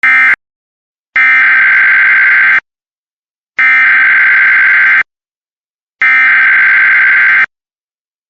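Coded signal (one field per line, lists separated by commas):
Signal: Emergency Alert System (SAME) tones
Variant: header bursts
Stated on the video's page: Compilation of real civil, non-weather EAS alerts.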